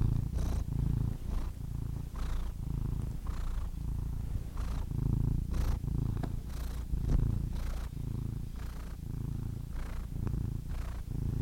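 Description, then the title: Domestic cat purring steadily, a low rumbling drone pulsing with each breath, with soft rustling over it. Compilation of cats ranging from kittens to old cats. "The Ultimate Compilation of Adorable Cat Meows 🐱😺 #CatMeows #CuteKittens"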